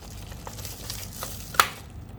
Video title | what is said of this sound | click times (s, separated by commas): Gigabyte Z590 AORUS & i5 processor (10400) - Assemble a Gaming PC for vMix | yeah with the click sound | 1.6 s